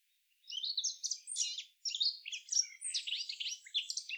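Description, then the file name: Eurasian blackcap song, a brief silence and then a hurried stream of chattering, rising and falling warbled notes with one short break. "Sylvia atricapilla"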